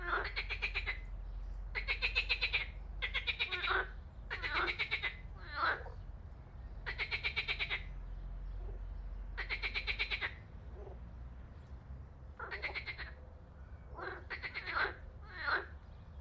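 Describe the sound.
Frog calling in quick succession, pulsed grating croaks sometimes back to back, with short clipped notes between and a low background rumble.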